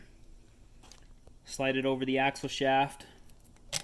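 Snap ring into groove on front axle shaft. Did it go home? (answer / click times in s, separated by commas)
no / none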